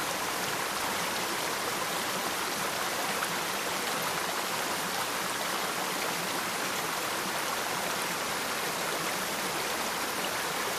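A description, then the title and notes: A waterfall feeds into a stream, making a steady, dense rush of water that never lets up. The sound is bright and hissing, with a softer churning underneath, unchanging in level for the whole eleven seconds. Waterfall and Stream. Last year, we hiked to a beautiful waterfall that feeds the Wailua River on the island of Kauaʻi.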